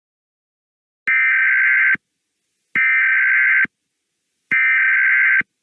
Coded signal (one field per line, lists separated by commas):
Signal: Emergency Alert System (SAME) tones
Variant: header bursts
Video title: EAS Scenario - Fall of the USA: REMASTERED